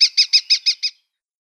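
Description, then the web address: Red-footed falcon giving a quick run of six sharp, high notes in about one second, then silence. "Schulze Peter Red-footed Falcon"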